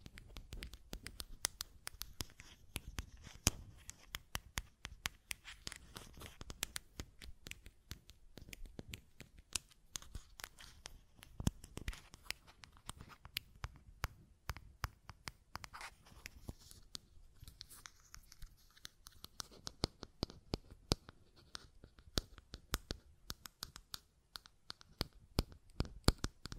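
Buttons click and tap in quick, irregular bursts throughout, each a sharp dry tick with no tone. The clicks bunch densely at times and thin out briefly around the middle, with a soft scratchy rustle between them.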